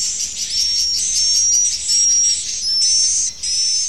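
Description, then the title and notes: Swiftlet calls in rhythmic high chirping blocks, each with a thin level whistle, repeating a little faster than once a second. Used in swiftlet farming in Asia. "Swiflet Bird Sound. Farming Swiflet Bird asia sound"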